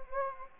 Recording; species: mosquito wingbeat signal from an infrared sensor; Anopheles gambiae